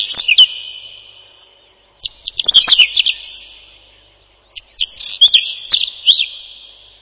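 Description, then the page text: Whinchat song in short bursts of chattering clicks and quick whistled notes, repeated about every two and a half seconds with quiet gaps between. "Луговой чекан — Saxicola rubetra"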